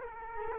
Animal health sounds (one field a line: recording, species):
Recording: mosquito wingbeat signal from an infrared sensor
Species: Culex quinquefasciatus